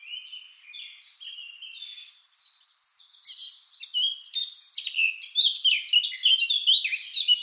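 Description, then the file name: Eurasian blackcap song: a soft, scratchy, chattering warble that builds into louder, fluty, varied phrases toward the end. "Sylvia atricapilla"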